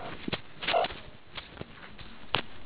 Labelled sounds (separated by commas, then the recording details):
meerkat social call
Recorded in the Kuruman River Reserve, South Africa
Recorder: an audio tag on a meerkat's collar